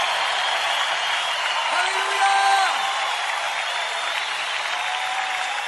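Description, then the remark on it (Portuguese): An audience applauds in a steady, dense wash of clapping that holds at an even level throughout, with a brief held vocal tone rising out of it about midway. “Mire, si le va a aplaudir, hágalo con todo su corazón, con todas sus fuerzas.”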